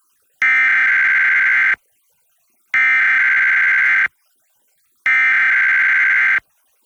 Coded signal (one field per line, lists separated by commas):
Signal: Emergency Alert System (SAME) tones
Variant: header bursts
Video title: EAS #1091-1092: 2 EAS Required Monthly Tests- July 7, 2025- 10:15AM PDT